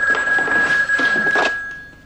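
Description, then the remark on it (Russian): A telephone rings with a steady, high electronic tone running through the whole burst, layered over clattering mid-range noise that swells in a few pulses before fading out. “Звонит телефон, Дули соскакивает, подходит к телефону.”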